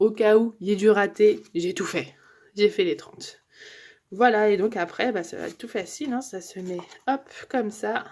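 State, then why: Not seated. Someone talks while handling a punched paper tag card, pushing it onto the straw rails of a memorydex-style storage box, with only faint contact noises under the speech. The card has not yet seated or clicked onto the rails.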